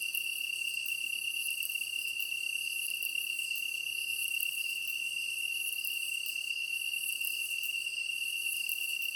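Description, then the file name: Japanese tree cricket song, a continuous, even, high-pitched trill. Recorded 23 August 2010 at 21:22. "kantan-20100823-2122"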